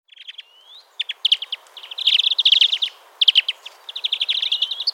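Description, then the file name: European greenfinch chattering in dense, rapid trills of bright notes, with a brief rising slur early on, then near-continuous twittering with short pauses. "Chloris chloris"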